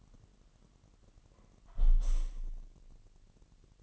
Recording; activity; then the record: daily activity, microphone in the room; close window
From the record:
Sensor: 4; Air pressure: 1000.8 hPa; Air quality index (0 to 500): 243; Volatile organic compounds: 40 ppm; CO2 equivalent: 3157 ppm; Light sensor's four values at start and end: 9/21/8/8 and 9/20/8/7